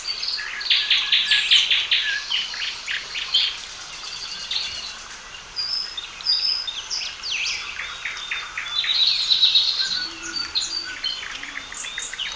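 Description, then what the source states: Songbirds chorus with fast trilling bursts and scattered chirps coming from many singers. Calm birdsong.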